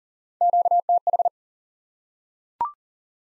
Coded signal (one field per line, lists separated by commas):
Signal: Morse code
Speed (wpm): 40 wpm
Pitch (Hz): 700 Hz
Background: none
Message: QTH